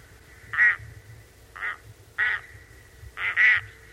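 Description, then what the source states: Loon giving four rough, nasal kark notes, the last a quick double bark, with a faint steady hum behind. Kark call, recorded for loon research.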